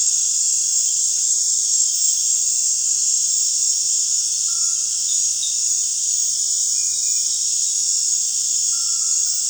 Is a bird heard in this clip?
no